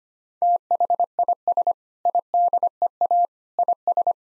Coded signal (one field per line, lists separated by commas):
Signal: Morse code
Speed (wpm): 25 wpm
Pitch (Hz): 700 Hz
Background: none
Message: THIS IDEA IS